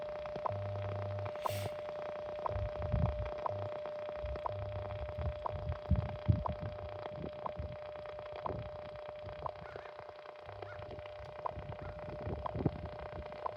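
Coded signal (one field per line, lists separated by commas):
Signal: radio time signal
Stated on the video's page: Heard during a daytime AM/FM/shortwave bandscan on a Panasonic RF2200 portable receiver.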